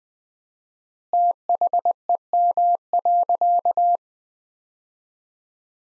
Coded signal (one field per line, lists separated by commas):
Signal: Morse code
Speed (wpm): 20 wpm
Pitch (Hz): 700 Hz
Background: none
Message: THEM.